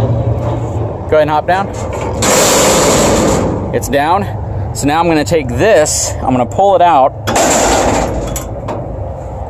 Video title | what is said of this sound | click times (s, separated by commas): Testing the new trailer with Kubota tractors! Texas Pride Tilt Trailer test Part 1 of 2 | it's locked in place one thing you want to be sure to do is to pull up to make sure that clip is in | 8.4 s, 8.7 s